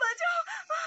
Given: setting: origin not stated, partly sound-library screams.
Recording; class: one-second piece from a danger detection set; woman in danger